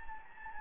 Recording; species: mosquito wingbeat signal from an infrared sensor; Anopheles gambiae